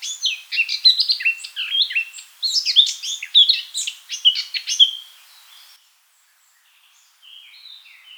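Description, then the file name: Eurasian blackcap singing a hurried, jumbled warble of bright notes for five seconds, then a pause with a few soft high notes at the end. "Sylvia atricapilla"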